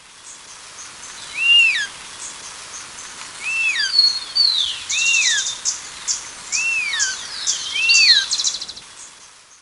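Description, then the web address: Southern yellow grosbeak whistling repeated arched, down-slurred notes, mixed with higher chirps and a brief buzzy trill. Recorded in Ecuador. "Birds of Ecuador Southern Yellow Grosbeak"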